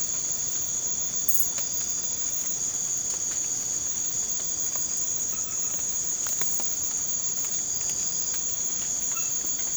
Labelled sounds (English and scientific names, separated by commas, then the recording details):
none
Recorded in pastures near Puerto Asís, Putumayo, Colombia, on 12 March 2025 at 00:00
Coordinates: 0.505, -76.324
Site GP08